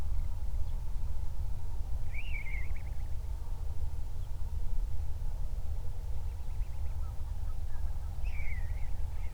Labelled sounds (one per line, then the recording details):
songbird
waterfowl
wind
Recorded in the Prudhoe Bay oil fields, Alaska, on 31 July 2019 at 08:38
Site 24